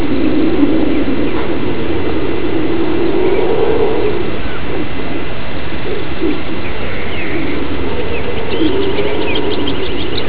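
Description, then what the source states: Howler monkey roaring: deep, rolling roars that swell and fade in waves, with scattered bird chirps higher up. Venezuela, 2005.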